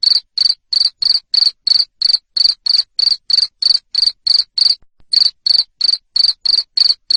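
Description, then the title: Cricket chirps, high and buzzy, coming steadily about three per second, broken by a single short gap before resuming. Loud cricket chirping used to stimulate lovebirds into continuous ngekek singing. "Suara JANGKRIK NGERIK Keras Bikin LOVEBIRD Jadi NGEKEK Terus Vubey"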